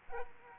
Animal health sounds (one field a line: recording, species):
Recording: mosquito wingbeat signal from an infrared sensor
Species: Aedes aegypti